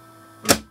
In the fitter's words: and it's going to snap it's going to center itself wait for it there we go